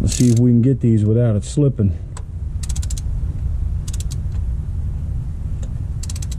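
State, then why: Torque reached. Someone talks while tightening a bolt on the 4.2-liter L6 engine of a 2003 Chevy Trailblazer with a bad water pump, using a Pittsburgh Tools click-type torque wrench set to 18 foot-pounds. Quick bursts of ratcheting clicks are heard around 2.6–2.9 s and again at 4.0 s over a low hum. The wrench gives its release click at 6.1 s, confirming the bolt has reached the set torque.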